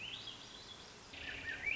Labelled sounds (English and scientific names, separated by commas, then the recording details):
Swainson's Thrush (Catharus ustulatus)
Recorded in Sonoma County, California